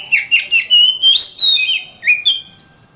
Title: suara kacer